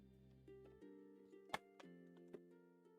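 A memory module is handled at a motherboard DIMM slot over steady background music. Two sharp taps are heard at about 1.5 and 1.8 seconds, but nothing has seated or clicked yet; the module is only being positioned before it is pressed home.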